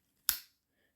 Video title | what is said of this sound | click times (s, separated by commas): Queen Jumbo Trapper, is it worth it ? | nice authoritative snap | 0.3 s